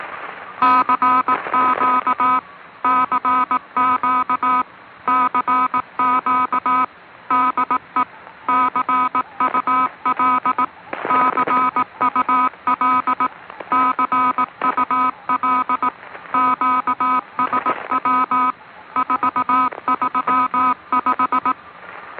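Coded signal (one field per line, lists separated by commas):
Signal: Morse code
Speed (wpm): 19 wpm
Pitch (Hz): 1260 Hz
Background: none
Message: CQ CQ CQ DE CUL CUL CUL QSW 435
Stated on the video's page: Recordings of 500 kHz maritime Morse traffic from coast and ship stations in Europe, summer 1974.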